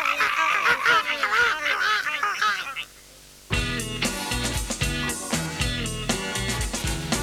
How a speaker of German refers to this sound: Möwen schreien. Möwen schreien.